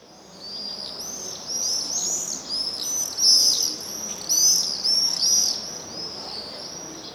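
Swift screaming: shrill high-pitched screeches overlapping almost continuously, in bursts that rise and fall in loudness.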